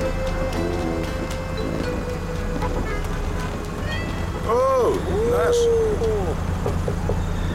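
A steady low rumble of idling traffic and engine drone fills the street in a traffic jam, with a few wavering, rising-and-falling tones briefly cutting through past the halfway mark.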